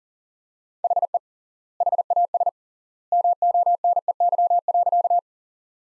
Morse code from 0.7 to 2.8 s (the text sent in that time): HE HAS